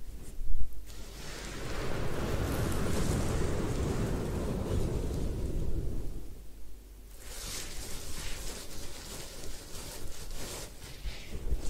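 A head spa hair wash with a dense, low rush of water and scrubbing for six seconds, then brighter crackling rustles of hands in wet hair.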